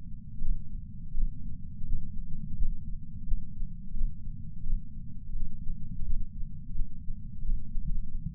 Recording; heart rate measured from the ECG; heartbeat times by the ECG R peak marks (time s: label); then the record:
heart sounds by patch sensor on the chest; 89 bpm
0.43 s: heartbeat
1.14 s: heartbeat
1.87 s: heartbeat
2.57 s: heartbeat
3.28 s: heartbeat
3.95 s: heartbeat
4.64 s: heartbeat
5.35 s: heartbeat
6.05 s: heartbeat
6.75 s: heartbeat
7.44 s: heartbeat
7.87 s: heartbeat
From the record:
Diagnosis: coronary artery disease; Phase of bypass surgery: postoperative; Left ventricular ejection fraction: 65.4%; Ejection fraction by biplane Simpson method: 64.8%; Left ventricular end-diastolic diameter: 41 mm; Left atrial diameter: 37 mm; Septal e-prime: 8.8 cm/s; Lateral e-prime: 8.1 cm/s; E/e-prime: 9.9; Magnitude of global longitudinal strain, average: 18.9%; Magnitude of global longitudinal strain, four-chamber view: 23.8%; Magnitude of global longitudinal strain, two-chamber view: 17.7%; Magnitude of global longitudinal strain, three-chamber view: 15.3%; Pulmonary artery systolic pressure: 36 mmHg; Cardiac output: 4.4 L/min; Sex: male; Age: 76 years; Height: 165 cm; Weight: 79 kg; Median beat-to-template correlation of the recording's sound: 0.64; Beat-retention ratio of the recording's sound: 0.99